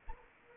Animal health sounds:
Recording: mosquito wingbeat signal from an infrared sensor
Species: Anopheles arabiensis

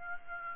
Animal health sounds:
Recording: mosquito wingbeat signal from an infrared sensor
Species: Aedes aegypti

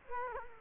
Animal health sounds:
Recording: mosquito wingbeat signal from an infrared sensor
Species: Culex quinquefasciatus

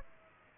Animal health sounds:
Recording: mosquito wingbeat signal from an infrared sensor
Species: Aedes aegypti

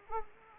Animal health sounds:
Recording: mosquito wingbeat signal from an infrared sensor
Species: Anopheles arabiensis

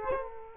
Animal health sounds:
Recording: mosquito wingbeat signal from an infrared sensor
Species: Culex quinquefasciatus

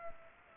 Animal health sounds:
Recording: mosquito wingbeat signal from an infrared sensor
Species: Culex pipiens

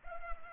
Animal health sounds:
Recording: mosquito wingbeat signal from an infrared sensor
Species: Culex pipiens

